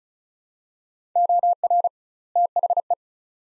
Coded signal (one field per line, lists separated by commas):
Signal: Morse code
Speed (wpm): 34 wpm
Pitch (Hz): 700 Hz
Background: none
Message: OR THE